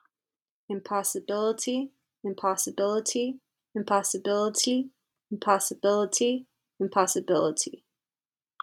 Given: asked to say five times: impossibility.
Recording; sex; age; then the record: repeated word; female; 20 to 29 years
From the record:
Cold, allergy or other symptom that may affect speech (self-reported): no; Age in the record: 24 years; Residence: New Jersey, United States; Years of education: 16